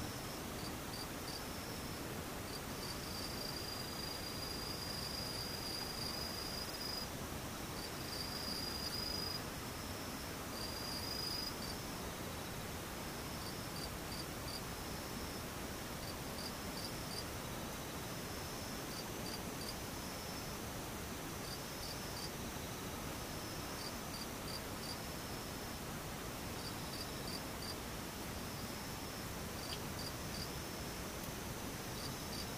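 Insects chirr through a steady, dense hiss that stays level for the whole stretch. A high, thin pulsing buzz repeats in regular bursts, with a few brighter tones near the start and up to around eleven seconds. Beneath it, a soft low rumble persists.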